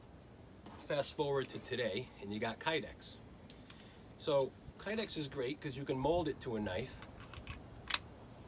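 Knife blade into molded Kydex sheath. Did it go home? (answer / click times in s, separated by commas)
yes / 7.9 s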